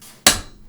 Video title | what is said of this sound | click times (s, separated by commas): Unboxing & First Impressions - BenQ Eye Care Monitor | yeah so Al I heard a little click there and now that's nice and secure | 0.3 s